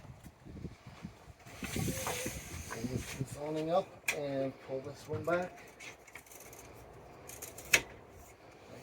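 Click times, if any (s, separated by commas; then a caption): 7.7 s. Someone talks while pulling a camper van awning's support arm back into its locked position, with rubbing and shifting sounds. A sharp, loud knock at 7.7 seconds marks the arm locking into place, leaving the awning out and stable.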